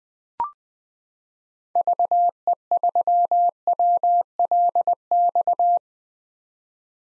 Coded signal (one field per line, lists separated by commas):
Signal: Morse code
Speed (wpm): 21 wpm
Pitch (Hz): 700 Hz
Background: none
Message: VE3WLX